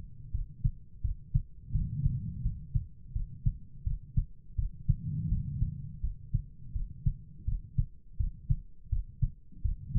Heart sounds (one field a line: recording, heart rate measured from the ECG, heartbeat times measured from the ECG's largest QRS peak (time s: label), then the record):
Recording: heart sounds by stethoscope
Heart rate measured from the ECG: 84 bpm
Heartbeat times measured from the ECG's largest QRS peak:
0.31 s: heartbeat
1.01 s: heartbeat
1.71 s: heartbeat
2.41 s: heartbeat
3.12 s: heartbeat
3.83 s: heartbeat
4.55 s: heartbeat
5.28 s: heartbeat
6.00 s: heartbeat
6.72 s: heartbeat
7.44 s: heartbeat
8.16 s: heartbeat
8.89 s: heartbeat
9.61 s: heartbeat
From the record:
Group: healthy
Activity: rest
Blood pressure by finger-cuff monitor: 90/55 mmHg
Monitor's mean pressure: 69 mmHg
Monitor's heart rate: 85 bpm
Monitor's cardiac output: 6.3 L/min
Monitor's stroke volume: 74 mL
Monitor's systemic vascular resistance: 790 dyn s/cm5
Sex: female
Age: 43 years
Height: 160 cm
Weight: 90 kg